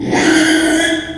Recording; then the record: squeal of a Yucatan mini pig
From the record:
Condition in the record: after surgery on the right vocal fold (resection and tissue-engineered implant); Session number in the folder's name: 3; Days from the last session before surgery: 33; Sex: male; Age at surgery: 12 weeks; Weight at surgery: 13 kg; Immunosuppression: cyclosporine, prednisolone